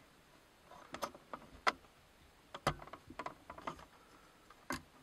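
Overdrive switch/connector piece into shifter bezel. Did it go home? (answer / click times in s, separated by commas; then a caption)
no / none. A plastic overdrive switch connector piece with two tabs is slid into the shifter bezel of a Jeep WJ, producing a scattered series of small, sharp plastic ticks and taps over quiet background. The piece does not click into place; nothing has seated or clicked yet.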